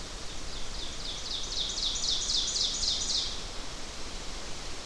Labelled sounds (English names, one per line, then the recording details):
Ovenbird song
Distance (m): 35 m
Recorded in boreal forest in Alberta, Canada, on 12 June 2016 at 06:56
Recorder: SongMeter 3, array SBT-3-18
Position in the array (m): 246 m, 95 m
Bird 31